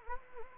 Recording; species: mosquito wingbeat signal from an infrared sensor; Anopheles gambiae